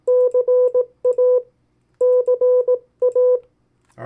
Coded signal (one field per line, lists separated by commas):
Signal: Morse code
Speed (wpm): 18 wpm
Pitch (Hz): 500 Hz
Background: none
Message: CA CA